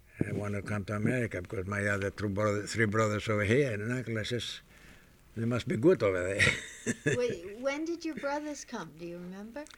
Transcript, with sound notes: I want to come to America, because my other two brothers, three brothers over here, and I says, "They must be good over there." ( he laughs )
When did your brothers come? Do you remember?